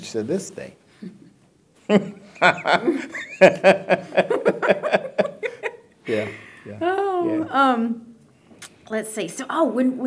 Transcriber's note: laughter